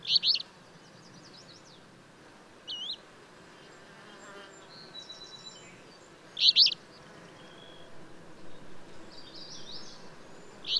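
Bird song: short bright bursts every few seconds, with thin high twitters between them over a steady low hiss.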